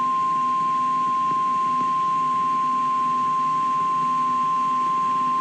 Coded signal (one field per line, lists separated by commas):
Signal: Emergency Alert System (SAME) tones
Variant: 1050 Hz attention tone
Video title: EAS#674-689 EAS alerts from September 29th to December 2nd, 2023.